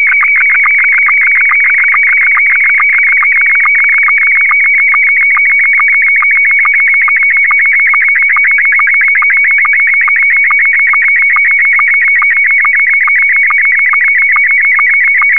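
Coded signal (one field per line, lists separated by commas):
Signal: SSTV (slow-scan television)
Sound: high steady warbling tone with rapid dips and a regular low click-like sync blip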